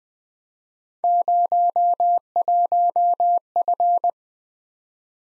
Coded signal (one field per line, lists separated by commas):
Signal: Morse code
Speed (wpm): 20 wpm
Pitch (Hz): 700 Hz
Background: none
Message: 01F